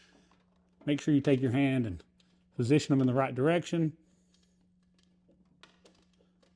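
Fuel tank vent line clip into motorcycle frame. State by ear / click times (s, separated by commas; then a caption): seated / 5.6 s. Someone talks as the front plastic fuel tank vent line clip on a 2025 Harley Davidson Street Glide Ultra is positioned by hand against the motorcycle frame during a Hertz A2B audio upgrade adding Tour Pack speakers. After the talking stops, a few faint ticks follow, then a sharp snap at 5.6 s as the clip seats into the frame.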